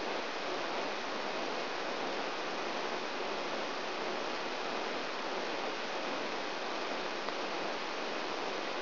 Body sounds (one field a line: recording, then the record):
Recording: brain microelectrode recording played as sound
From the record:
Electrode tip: outside the subthalamic nucleus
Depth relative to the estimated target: 2 mm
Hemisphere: left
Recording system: AlphaMap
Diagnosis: Parkinson's disease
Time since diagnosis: 23 years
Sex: male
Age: 65 years